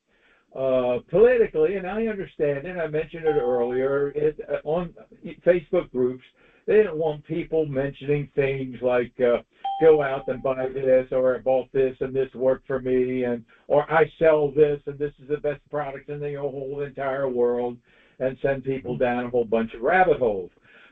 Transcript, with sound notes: politically, and I understand it, I mentioned it earlier, uh, on, uh, Facebook groups, they don't want people mentioning things like, uh, (beep) go out and buy this or, "I bought this and this worked for me," and, or, "I sell this, and this is the best product in the wh- whole, entire world," and send people down a whole bunch of rabbit holes.